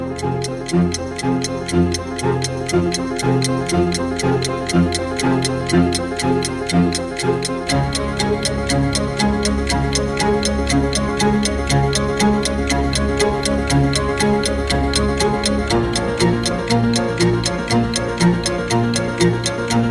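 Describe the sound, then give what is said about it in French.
A steady, evenly spaced clock tick runs throughout, layered over a loud musical bed of sustained low tones that shift chords every few seconds. No one speaks. “Histoire vivante, cette semaine, tic-tac, tic-tac, suite de l'entretien”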